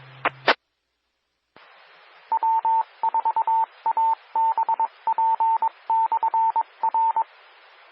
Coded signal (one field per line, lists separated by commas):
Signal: Morse code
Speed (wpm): 22 wpm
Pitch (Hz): 900 Hz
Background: radio noise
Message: EE W4ABP/R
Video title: 2021-08-17 - Northeast Georgia Amateur Radio Repeaters